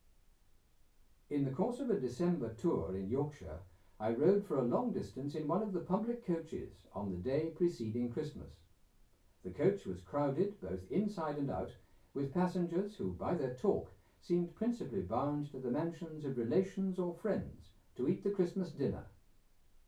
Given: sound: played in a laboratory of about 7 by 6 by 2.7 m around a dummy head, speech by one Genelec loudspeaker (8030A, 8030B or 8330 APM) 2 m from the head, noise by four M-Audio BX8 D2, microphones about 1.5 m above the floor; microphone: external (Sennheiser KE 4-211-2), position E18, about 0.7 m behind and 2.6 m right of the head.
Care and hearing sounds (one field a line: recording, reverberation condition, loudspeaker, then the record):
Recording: male speech in English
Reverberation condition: low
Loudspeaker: 150 degrees to the right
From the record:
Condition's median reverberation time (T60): about 310 ms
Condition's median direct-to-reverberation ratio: about 3.5 dB